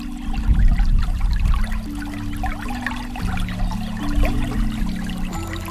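Water is poured to refill an art installation whose water dries up quickly, in a continuous splashing, gurgling stream for several seconds, over a steady low droning hum that shifts pitch slightly now and then.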